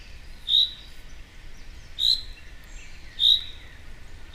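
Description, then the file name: Common chaffinch calls, short bright notes repeated at intervals of over a second, three clear calls over steady background hiss. "Fringilla coelebs"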